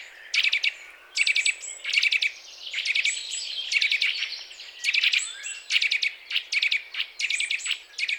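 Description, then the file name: Eurasian nuthatch gives sharp, high chirps in clustered bursts repeated about once a second, with a thin whistled note now and then. "Sitta europaea"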